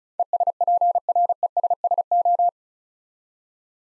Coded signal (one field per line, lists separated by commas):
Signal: Morse code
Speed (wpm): 36 wpm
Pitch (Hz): 700 Hz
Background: none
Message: ESPRESSO